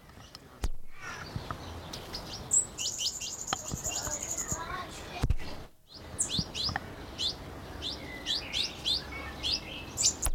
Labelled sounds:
Pin-tailed Whydah

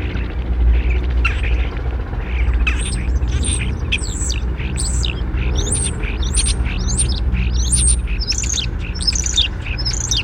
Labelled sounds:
European Starling

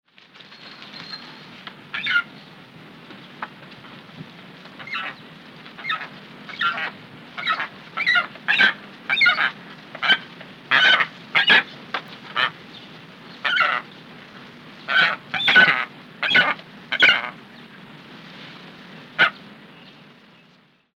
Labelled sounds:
Saker Falcon

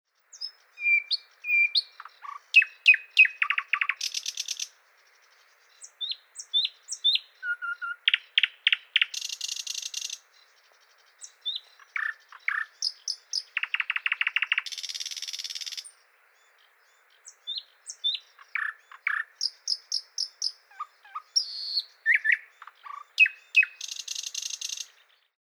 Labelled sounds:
Thrush Nightingale

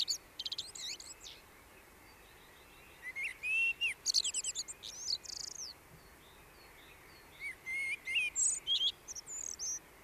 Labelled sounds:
Common Blackbird song

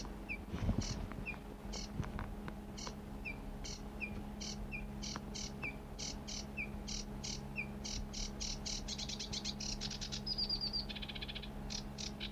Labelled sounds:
Sedge Warbler song

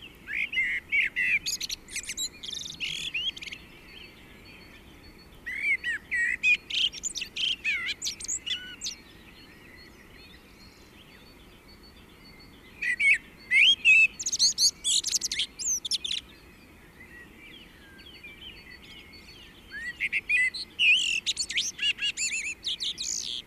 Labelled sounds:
Common Blackbird song

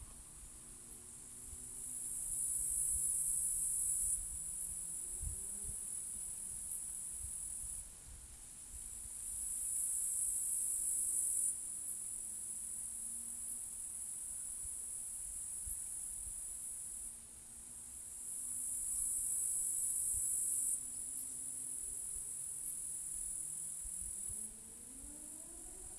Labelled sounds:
Upland Green Bush-cricket stridulation

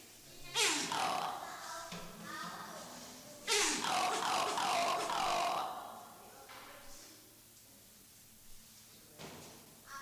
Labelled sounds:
Diana Monkey

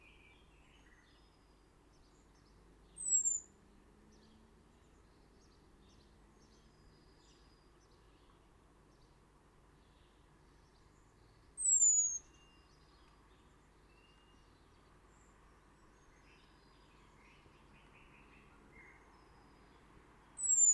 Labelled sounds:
Common Blackbird call

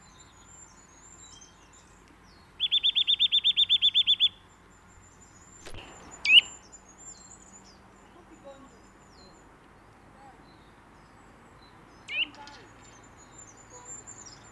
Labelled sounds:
Eurasian Nuthatch song

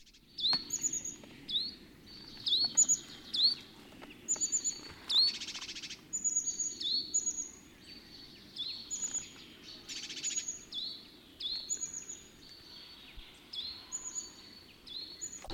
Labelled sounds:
Great Tit call

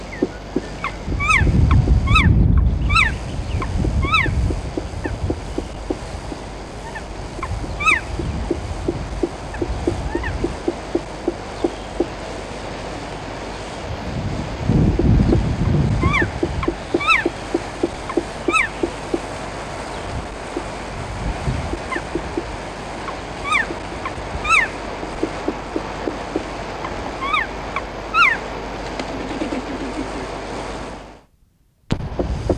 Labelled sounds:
Black Woodpecker

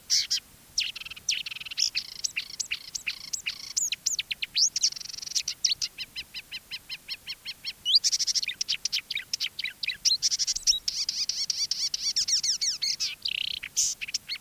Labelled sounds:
Marsh Warbler song

